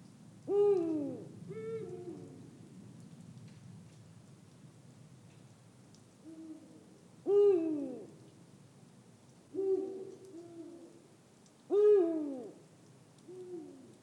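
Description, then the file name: Eurasian eagle-owl repeating low hoots, several loud and harsh with downward slides, softer hoots between them, over a steady background hiss. Recorded close up. "Digiffects Sound Effects Library - Close Eagle Owl"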